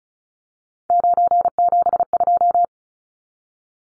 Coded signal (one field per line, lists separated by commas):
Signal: Morse code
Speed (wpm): 34 wpm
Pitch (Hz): 700 Hz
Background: none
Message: 972